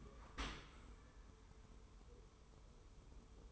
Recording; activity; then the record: daily activity, microphone in the room; open dishwasher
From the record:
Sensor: 1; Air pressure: 1015.0 hPa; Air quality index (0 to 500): 25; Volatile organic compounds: 0 ppm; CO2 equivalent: 500 ppm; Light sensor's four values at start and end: 13/30/12/14 and 13/30/12/14